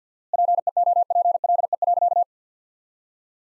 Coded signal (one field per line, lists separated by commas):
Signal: Morse code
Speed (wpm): 50 wpm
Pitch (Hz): 700 Hz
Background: none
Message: PEOPLE.